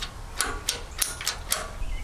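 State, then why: Not seated. A spring-loaded metal latch on an old boat trailer is worked by hand and gives a string of sharp, ratchet-like clicks. It fails to lock because the spring is worn out, and nothing has seated or clicked into place yet.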